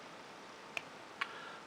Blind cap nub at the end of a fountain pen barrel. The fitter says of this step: there you go you could hear that little clicking noise